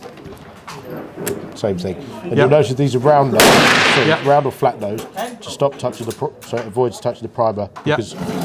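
A rifle cartridge is pushed in behind the first one through the side loading gate of a tube magazine and seats with a sharp click at 1.3 s. Someone talks throughout.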